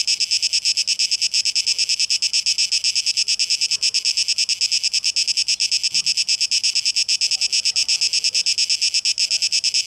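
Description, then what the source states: Cicadas buzzing in a high, quick pulsing drone, with faint soft background sounds. Tape echo mix; recorded 12 August 2023.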